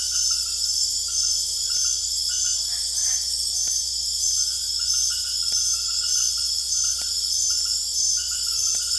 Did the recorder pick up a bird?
no